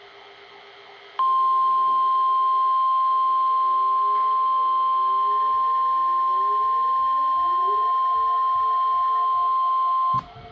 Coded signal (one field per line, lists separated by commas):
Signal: Emergency Alert System (SAME) tones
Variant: 1050 Hz attention tone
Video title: WELCOME 2026!!! - EAS Tests from January 2026 (EAS #651 - #659)